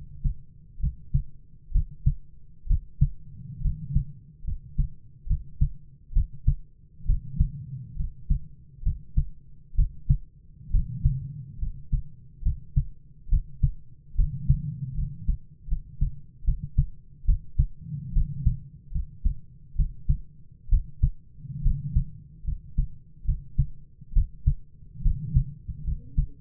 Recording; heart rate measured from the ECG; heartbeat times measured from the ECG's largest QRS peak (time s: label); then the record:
heart sounds by stethoscope; 69 bpm
0.79 s: heartbeat
1.71 s: heartbeat
2.66 s: heartbeat
3.60 s: heartbeat
4.43 s: heartbeat
5.26 s: heartbeat
6.12 s: heartbeat
7.05 s: heartbeat
7.95 s: heartbeat
8.82 s: heartbeat
9.74 s: heartbeat
10.70 s: heartbeat
11.58 s: heartbeat
12.41 s: heartbeat
13.28 s: heartbeat
14.14 s: heartbeat
14.94 s: heartbeat
15.67 s: heartbeat
16.43 s: heartbeat
17.24 s: heartbeat
18.12 s: heartbeat
18.91 s: heartbeat
19.75 s: heartbeat
20.68 s: heartbeat
21.61 s: heartbeat
22.43 s: heartbeat
23.24 s: heartbeat
24.12 s: heartbeat
25.01 s: heartbeat
25.83 s: heartbeat
From the record:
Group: healthy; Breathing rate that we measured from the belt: 16 breaths a minute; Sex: male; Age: 22 years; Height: 185 cm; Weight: 112.4 kg